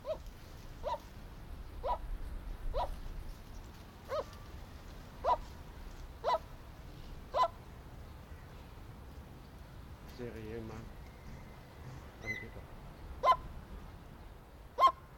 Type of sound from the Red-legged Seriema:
call